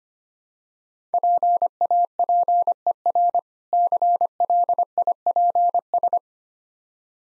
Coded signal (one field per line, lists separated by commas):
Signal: Morse code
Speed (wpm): 25 wpm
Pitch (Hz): 700 Hz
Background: none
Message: PAPER CLIPS